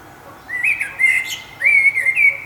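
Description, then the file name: Common blackbird song: a low fluted whistle rising into a level note, then a second whistled phrase sliding upward, with faint high twittering above. "Turdus merula"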